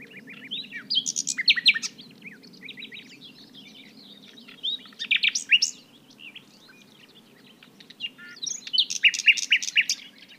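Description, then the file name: Common nightingale pouring out three loud phrases of rapid repeated and buzzy notes, separated by short softer passages. "Luscinia megarhynchos"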